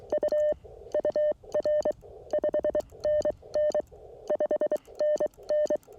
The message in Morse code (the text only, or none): U UR 5NN 5NN